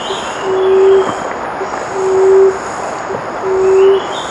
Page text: Emerald Dove Call. Quick Sounds